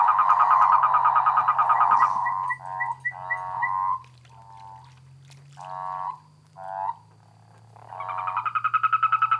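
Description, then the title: Frogs and toads: frogs calling in a loud rattling chorus that breaks into separate croaking bursts with quiet gaps, then resumes strongly; a low steady hum runs underneath. Frogs and toads calling after spring rain, near San Javier, Córdoba region, Argentina. "Orgie de batraciens, Cordoba (AR)"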